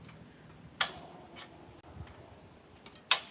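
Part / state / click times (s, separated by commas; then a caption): security camera into its wall mount bracket / seated / 3.1 s. A solar security camera is slid back into its wall mount bracket, with a sharp click at 0.8 s and a few faint taps and scrapes as it goes on. It snaps and locks in place with a loud, crisp click at 3.1 s.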